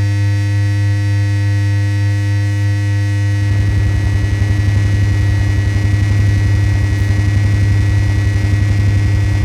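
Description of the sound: A loud, steady low hum runs throughout, layered with several faint, constant high-pitched tones. From about three and a half seconds, a rapid rhythmic pulsing of roughly 230 beats a minute joins in. This is a simulated tinnitus sound.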